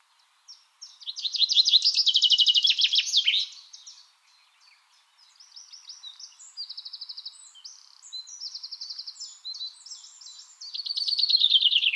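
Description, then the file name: Common chaffinch singing a bright, fast descending trill with a terminal flourish, then softer twittering before another song begins near the end. "Fringilla coelebs"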